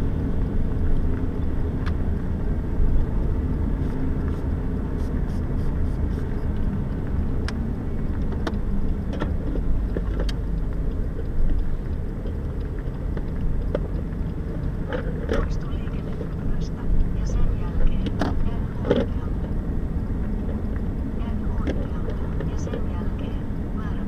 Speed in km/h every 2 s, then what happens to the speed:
30, 29, 30, 26, 24, 16, 14, 17, 22, 25, 25, 24.
4-10 slows to 16. 14-18 speeds up to 25. 18-24 steady at about 25.